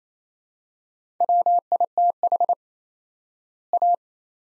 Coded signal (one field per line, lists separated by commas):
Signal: Morse code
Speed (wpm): 27 wpm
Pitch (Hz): 700 Hz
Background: none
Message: WITH A